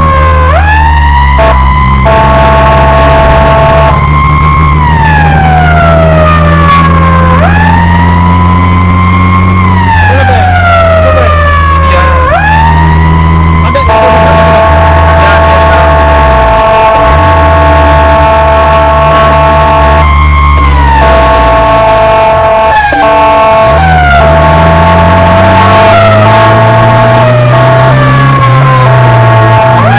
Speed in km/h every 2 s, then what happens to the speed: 58, 53, 49, 62, 67, 66, 59, 60, 56, 49, 41, 27, 25, 38, 42.
0-4 slows to 49. 4-8 speeds up to 67. 8-23 slows to 25. 23-27 speeds up to 42.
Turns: none.